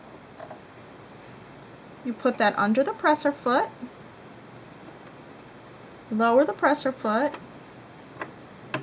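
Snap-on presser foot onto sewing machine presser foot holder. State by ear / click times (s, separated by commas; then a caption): seated / 8.2 s, 8.7 s. On a Singer Quantum Stylist 9960 sewing machine, a snap-on presser foot is placed under the ankle/shank of the presser foot holder and the presser foot lever is lowered while someone talks. Two short ticks at 8.2 s and 8.7 s are heard as the foot snaps into place on the holder, and the foot is seated.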